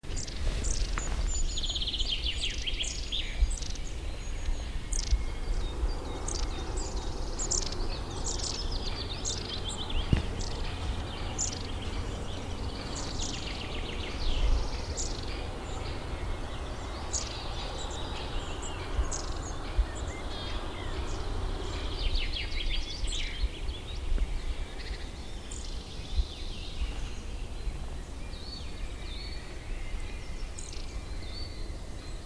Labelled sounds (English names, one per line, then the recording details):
Long-tailed Tit flight call
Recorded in the wild
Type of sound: flight call
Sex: group
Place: Schönow, Naturpark Barnim, Brandenburg, DE
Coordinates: 52.6892, 13.5014
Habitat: forest
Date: 2005-05-28
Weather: clear, 16°C, no wind
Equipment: Edirol R-4, Sennheiser MKH 70, Windschutz
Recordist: Frommolt, Karl-Heinz
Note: Naturschuztgebiet Schönower Heide: Rufe im Flug. Entfernung 30 - 40 m. Tiere gesehen